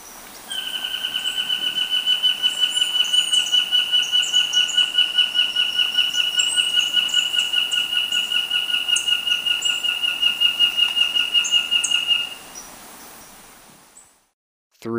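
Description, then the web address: Nariño tapaculo song: a long, even trill of fast repeated notes lasting about twelve seconds, over faint high chirping of other birds. Recorded in Ecuador. "Natures Songs S America Birds of Ecuador Narino Tapaculo"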